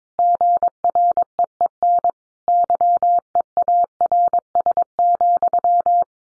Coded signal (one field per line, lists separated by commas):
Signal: Morse code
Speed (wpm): 22 wpm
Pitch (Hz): 700 Hz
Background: none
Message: GREEN YEARS,